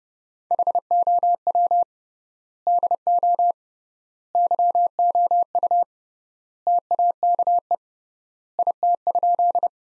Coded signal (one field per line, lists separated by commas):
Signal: Morse code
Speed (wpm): 32 wpm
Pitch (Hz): 700 Hz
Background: none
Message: HOW DO YOU TAKE IT?